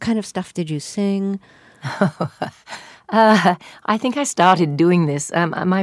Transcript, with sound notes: What kind of stuff did you sing?
Oh (laughter). I think I started doing this